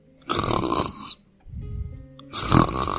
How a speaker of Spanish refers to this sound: La ovejita roncaba dulcemente bajo su oreja, un ronquido tras otro. ¡Santo cielo! ¡No puedo comerme una ovejita que ronca!